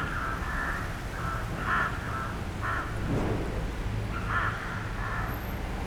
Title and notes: 27 Rue du Verger, Chambéry, France - Freux dans la ville. Des corbeaux freux nichent dans les platanes de la place